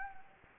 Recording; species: mosquito wingbeat signal from an infrared sensor; Anopheles gambiae